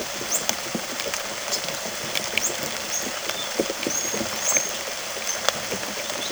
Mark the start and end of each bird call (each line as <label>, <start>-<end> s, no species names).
bird call, 0.24-0.44 s
bird call, 2.38-4.78 s